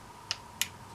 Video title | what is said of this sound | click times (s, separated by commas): GitUp Git2 Pro 2K WiFi Action Camera 1440P 1.5 Inch LCD Novatek 96660 Chipset IMX206 Image Sensor | it locks in place it won't open unless you push that clip down which is a nice touch | 0.3 s, 0.6 s